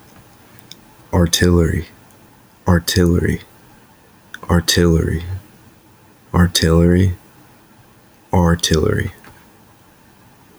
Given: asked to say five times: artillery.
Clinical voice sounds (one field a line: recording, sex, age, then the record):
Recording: repeated word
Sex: male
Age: 20 to 29 years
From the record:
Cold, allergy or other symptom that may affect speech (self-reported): no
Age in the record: 22 years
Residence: North Carolina, United States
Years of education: 16